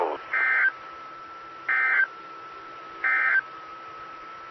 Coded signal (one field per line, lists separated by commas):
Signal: Emergency Alert System (SAME) tones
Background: speech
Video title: 2020-08-27 - W5RHS SKYWARN Repeater System 147.1200 and 146.8050 MHz